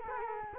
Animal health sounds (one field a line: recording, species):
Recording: mosquito wingbeat signal from an infrared sensor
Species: Culex quinquefasciatus